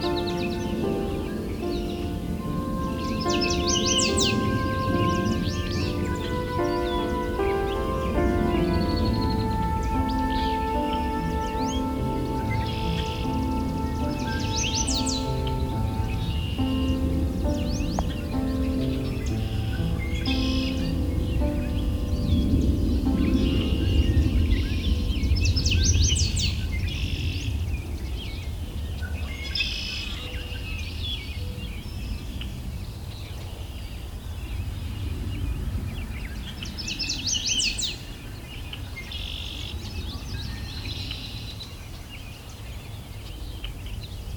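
An outdoor recording at Valens Lake in June, with a steady low rumble and hum filling the whole clip. Bird chirps break through in short bright bursts every few seconds, around 4, 15, 26 and 38 seconds, over faint scattered calls.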